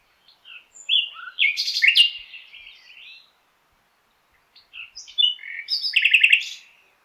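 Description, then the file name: Common nightingale singing two varied, rich phrases separated by a short pause. The phrases mix whistles, chirps and rapid rattling notes. "Luscinia megarhynchos"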